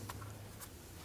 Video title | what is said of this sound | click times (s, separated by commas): How To Replace Alternator 1993-1997 Ford Ranger 3.0L | push that down and you feel that snap into place | 0.1 s